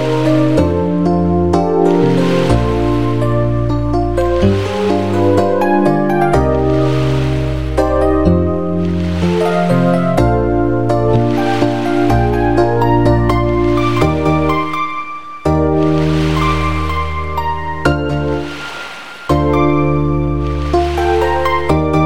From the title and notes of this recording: Soundfont: Arachno MIDI: Made using VGM2MID. Soothing sounds of the seashore.